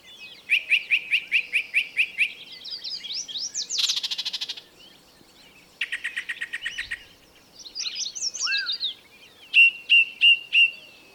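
Bird song: rapid repeated high chirp series, a buzzy burst, fast trills, and clear whistled notes repeated near the end.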